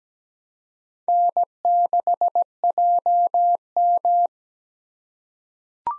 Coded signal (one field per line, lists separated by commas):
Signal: Morse code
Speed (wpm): 17 wpm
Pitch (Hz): 700 Hz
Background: none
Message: N6JM